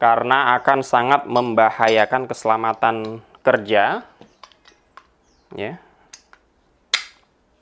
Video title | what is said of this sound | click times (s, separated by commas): Review Alat Kerja Baru - Gerinda Hasston ART 3150-001 | cukup mudah dan cukup enak ya teman-teman ya tadi kalian bisa dengar sendiri klik ya | 6.9 s